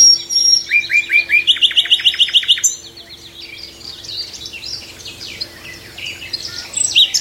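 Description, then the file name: Common nightingale song: a quick run of rising whistled notes, then a rapid series of repeated sharp notes, followed by softer varied notes. "Nachtegaal"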